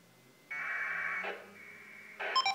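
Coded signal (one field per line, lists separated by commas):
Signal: packet radio (AX.25, as in APRS)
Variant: 1200 baud AFSK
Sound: a brief harsh warbling data burst, a quieter hum, then a few short electronic beeps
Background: phone beeps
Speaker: there it goes and you can see my call your six osc-7 appearing on the android phone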